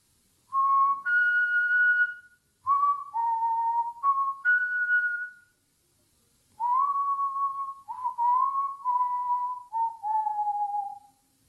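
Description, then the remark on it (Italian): A person whistles a short melodic tune in three phrases, clear sustained notes sliding between pitches, with brief pauses in between and no talking. “Si vedeva spuntata l'ultima curva prima della piana, si riconosceva dal fischio.”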